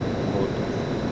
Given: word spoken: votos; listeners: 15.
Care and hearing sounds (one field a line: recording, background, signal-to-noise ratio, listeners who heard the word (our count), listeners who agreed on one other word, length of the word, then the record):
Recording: one Spanish word in noise, from a listening test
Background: speech-shaped noise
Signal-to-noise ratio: -6.5 dB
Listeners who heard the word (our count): 0 of 15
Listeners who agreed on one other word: 8 of 15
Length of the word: 0.72 s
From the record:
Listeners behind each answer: 8, 2, 1, 1, 1, 1, 1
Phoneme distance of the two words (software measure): 10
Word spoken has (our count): 2 syllables, 5 phonemes, stress on syllable 1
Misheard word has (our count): 2 syllables, 5 phonemes, stress on syllable 1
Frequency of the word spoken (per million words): 61.05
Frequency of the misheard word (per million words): 33.69